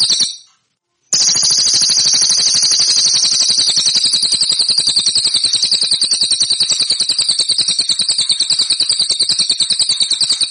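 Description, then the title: Cililin song: a shrill, high, unbroken trill of rapid pulses that runs on after a brief silence near the start, with no other sounds. "SUARA BURUNG CILILIN"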